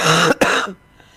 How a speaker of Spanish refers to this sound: Perdón, pero voy a toser.